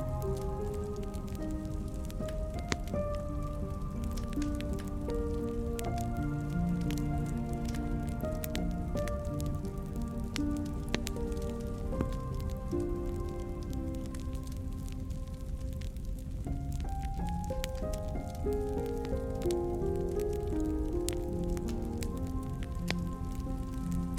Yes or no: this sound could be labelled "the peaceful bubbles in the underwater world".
no